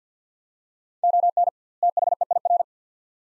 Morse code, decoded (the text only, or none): ON THEIR